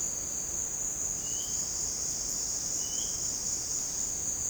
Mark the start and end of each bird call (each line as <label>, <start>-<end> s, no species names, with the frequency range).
bird call (2.2-3.4 kHz), 1.15-1.55 s
bird call (2.3-3.7 kHz), 2.79-3.18 s